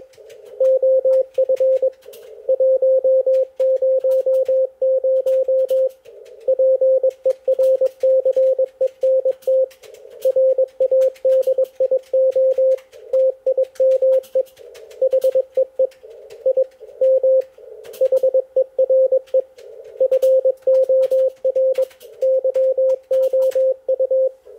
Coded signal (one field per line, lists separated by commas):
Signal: Morse code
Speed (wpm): 21 wpm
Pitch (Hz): 530 Hz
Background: none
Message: OF 100 PERCENT RADIO TIME HEE I M HERE FOR YOU